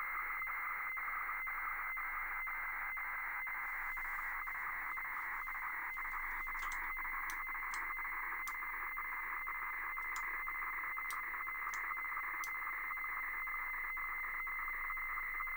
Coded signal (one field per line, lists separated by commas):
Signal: weather fax (radiofax)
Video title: Decoding HF wefax with an Atari 8-bit computer